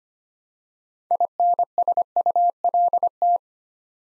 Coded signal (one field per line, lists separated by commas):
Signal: Morse code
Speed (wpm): 25 wpm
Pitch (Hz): 700 Hz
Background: none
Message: INSULT